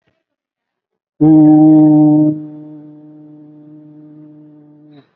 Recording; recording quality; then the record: sustained vowel as in boot; excellent, no background noise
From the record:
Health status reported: COVID-19 positive, mild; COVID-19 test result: positive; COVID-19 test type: RT-PCR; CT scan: taken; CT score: 9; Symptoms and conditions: cough, cold, sore throat, fever, fatigue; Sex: male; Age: 35 years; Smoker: no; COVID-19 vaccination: one dose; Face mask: worn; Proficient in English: yes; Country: India